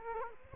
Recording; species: mosquito wingbeat signal from an infrared sensor; Culex quinquefasciatus